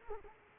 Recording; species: mosquito wingbeat signal from an infrared sensor; Culex quinquefasciatus